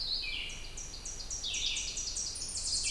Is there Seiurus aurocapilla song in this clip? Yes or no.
no